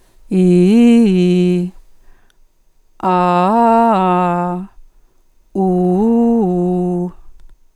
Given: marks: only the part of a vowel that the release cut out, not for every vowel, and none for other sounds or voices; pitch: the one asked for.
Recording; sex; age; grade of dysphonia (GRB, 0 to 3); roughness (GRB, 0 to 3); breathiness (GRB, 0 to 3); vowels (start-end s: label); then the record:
sustained vowels; female; 50 to 59 years; 2; 2; 1
0.41-0.97 s: vowel /i/, low-high-low pitch
3.12-4.47 s: vowel /a/, low-high-low pitch
5.65-6.97 s: vowel /u/, low-high-low pitch
From the record:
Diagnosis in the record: functional dysphonia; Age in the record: 57 years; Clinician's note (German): Mit psychogener Komponente